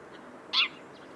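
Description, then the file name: House sparrow giving a single short, bright chirp over faint background hiss. "Passer domesticus"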